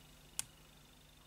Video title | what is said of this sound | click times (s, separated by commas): Montage Messerschmitt Bf109E-4/7 TROP - Tamiya 1/48 - Part 08 | je sais pas si vous allez entendre le petit clic à la caméra et | 0.4 s